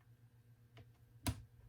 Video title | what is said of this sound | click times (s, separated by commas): DinoRC Builds Dravtech RC Shocks with G Speed and Shift RC Team Driver Jason Clark | You hear that little click? | 1.3 s